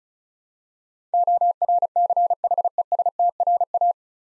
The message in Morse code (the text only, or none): ORCHESTRA